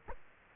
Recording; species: mosquito wingbeat signal from an infrared sensor; Culex quinquefasciatus